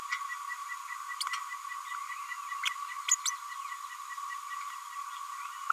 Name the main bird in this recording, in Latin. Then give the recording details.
Forpus passerinus. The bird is a female. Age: 31 days. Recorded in a nest box in Venezuela. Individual 17B102A6